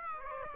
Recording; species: mosquito wingbeat signal from an infrared sensor; Aedes aegypti